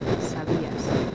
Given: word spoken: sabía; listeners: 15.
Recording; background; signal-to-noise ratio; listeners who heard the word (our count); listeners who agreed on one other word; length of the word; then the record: one Spanish word in noise, from a listening test; noise modulated by three-talker babble; -6.0 dB; 0 of 15; 15 of 15; 0.75 s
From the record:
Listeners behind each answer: 15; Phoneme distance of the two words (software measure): 17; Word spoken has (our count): 3 syllables, 5 phonemes, stress on syllable 2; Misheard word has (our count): 2 syllables, 6 phonemes, stress on syllable 1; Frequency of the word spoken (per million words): 123.71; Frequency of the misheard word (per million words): 1.57